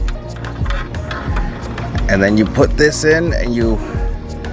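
An LED license plate light housing for a Jeep Renegade is handled and put into the rear bumper recess, ready to go in from one side and be pushed up into the plastic bumper opening. Someone talks over background music, with brief light handling taps scattered through the clip. Nothing has seated or clicked yet.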